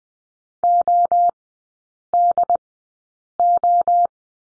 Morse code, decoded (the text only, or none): ODO